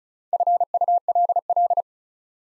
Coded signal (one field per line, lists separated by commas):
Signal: Morse code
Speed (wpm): 36 wpm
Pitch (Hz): 700 Hz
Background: none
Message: FULL